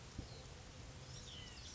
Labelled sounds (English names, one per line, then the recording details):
White-breasted Nuthatch
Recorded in Sonoma County, California